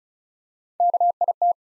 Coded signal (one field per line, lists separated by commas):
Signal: Morse code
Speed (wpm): 36 wpm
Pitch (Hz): 700 Hz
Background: none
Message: KIT